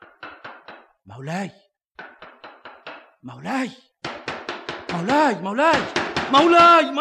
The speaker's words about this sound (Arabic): اوعى كده ما تحشنيش. طب بس خبط بشويش.